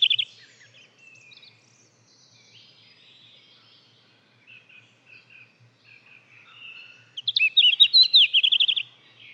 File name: blastjart